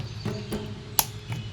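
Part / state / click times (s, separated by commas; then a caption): plastic tail into the body of a dinosaur figure / seated / 1.0 s. The plastic tail of a Ceratosaurus dinosaur figure is pushed onto the figure's body. A few soft knocks come first, then a sharp click at 0.99 s as the tail seats, with a fainter tap at 1.3 s. The tail is clicked in place.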